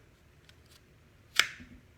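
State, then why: Seated. A small pistol magazine is pressed into a kydex magazine pouch, with a faint tick around 0.5 s before a sharp, bright click at 1.4 s as it seats. The magazine clicks in with a good positive click and firm retention.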